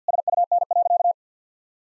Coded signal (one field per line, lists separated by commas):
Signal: Morse code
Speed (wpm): 50 wpm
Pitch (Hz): 700 Hz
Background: none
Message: SUN.